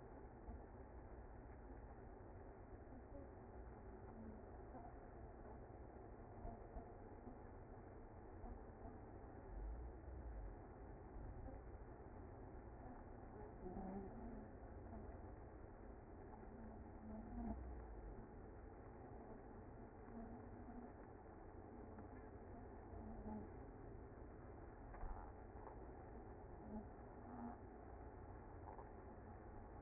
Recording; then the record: honeybee colony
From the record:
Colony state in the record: active